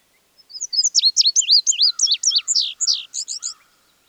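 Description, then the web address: Bird calling in a long rapid series of high slurred chirps, around twenty notes, with soft lower whistles mixed in, then falling silent. An exotic bird with unusual colouring. "sonido de un pajaro exotico con una coloracion inusual"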